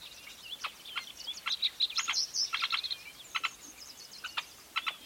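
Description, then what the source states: Weavers chirp in scattered bursts of sharp, high notes, some in quick doubled clusters, with brief thin whistles between them. Recorded at a large weaver nest in Etosha National Park, Namibia.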